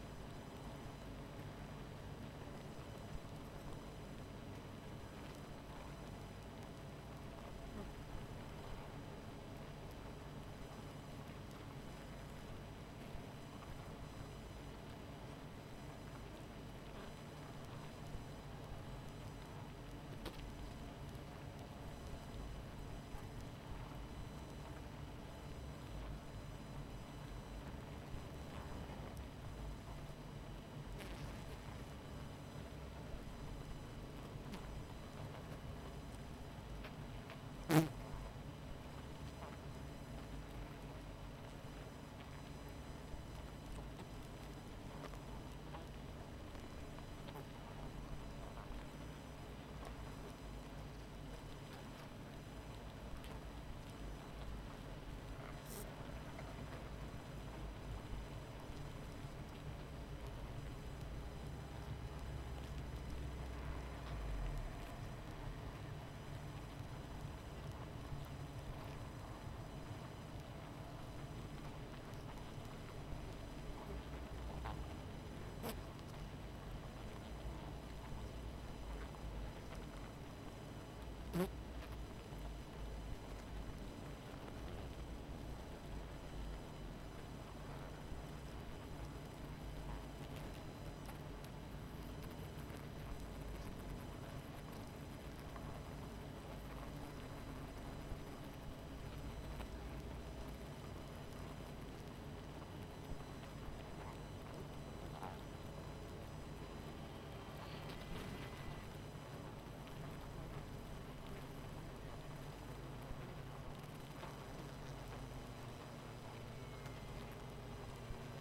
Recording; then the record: honeybee colony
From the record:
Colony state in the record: missing queen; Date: 14 July 2017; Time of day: 23:17